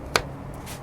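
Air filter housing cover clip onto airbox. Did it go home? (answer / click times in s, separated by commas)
yes / 0.2 s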